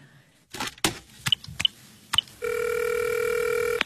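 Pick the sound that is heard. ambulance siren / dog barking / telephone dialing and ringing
telephone dialing and ringing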